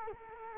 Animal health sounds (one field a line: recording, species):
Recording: mosquito wingbeat signal from an infrared sensor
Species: Culex quinquefasciatus